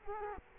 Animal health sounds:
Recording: mosquito wingbeat signal from an infrared sensor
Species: Culex quinquefasciatus

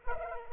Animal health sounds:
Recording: mosquito wingbeat signal from an infrared sensor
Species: Culex pipiens

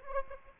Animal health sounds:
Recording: mosquito wingbeat signal from an infrared sensor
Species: Aedes aegypti

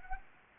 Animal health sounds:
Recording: mosquito wingbeat signal from an infrared sensor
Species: Anopheles gambiae

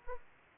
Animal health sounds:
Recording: mosquito wingbeat signal from an infrared sensor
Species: Aedes aegypti

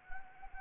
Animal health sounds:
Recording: mosquito wingbeat signal from an infrared sensor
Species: Anopheles arabiensis

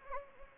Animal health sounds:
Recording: mosquito wingbeat signal from an infrared sensor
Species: Anopheles gambiae

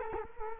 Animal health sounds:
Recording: mosquito wingbeat signal from an infrared sensor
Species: Culex quinquefasciatus

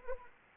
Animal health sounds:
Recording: mosquito wingbeat signal from an infrared sensor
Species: Anopheles arabiensis

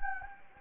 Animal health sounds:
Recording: mosquito wingbeat signal from an infrared sensor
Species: Anopheles gambiae

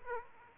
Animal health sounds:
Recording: mosquito wingbeat signal from an infrared sensor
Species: Aedes aegypti

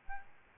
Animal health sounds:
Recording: mosquito wingbeat signal from an infrared sensor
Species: Aedes albopictus

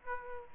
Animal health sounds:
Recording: mosquito wingbeat signal from an infrared sensor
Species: Aedes aegypti

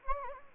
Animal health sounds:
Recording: mosquito wingbeat signal from an infrared sensor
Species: Anopheles gambiae

